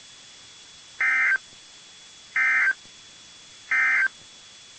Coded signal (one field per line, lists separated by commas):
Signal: Emergency Alert System (SAME) tones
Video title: EAS 1338-1346 (3/14/22)